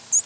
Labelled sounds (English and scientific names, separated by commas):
American Redstart (Setophaga ruticilla) flight call